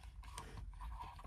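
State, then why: Partly seated. A missed corner clip of a protective case is pressed onto a Switch Lite handheld game console, producing faint creaking and plastic rubbing. A sharp click at 0.4 s shows the clip catching, but it does not seat fully home.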